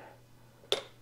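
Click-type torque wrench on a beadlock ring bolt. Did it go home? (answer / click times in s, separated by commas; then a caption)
yes / 0.7 s. A click-type torque wrench is pulled slowly on a bolt of a beadlock ring on an aluminum beadlock wheel for a 40-inch tire, with a low steady hum underneath. At 0.7 s the wrench gives a single sharp click, confirming the bolt has reached the set torque.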